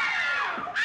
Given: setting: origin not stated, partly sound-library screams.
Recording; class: one-second piece from a danger detection set; woman in danger